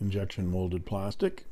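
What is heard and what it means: Someone talks while handling the injection-moulded plastic snap cap of a Ferris Wheel Press Carousel fountain pen, with the cap being brought onto the pen body. Only speech is heard, with no distinct click. The cap has not snapped or seated on the pen yet.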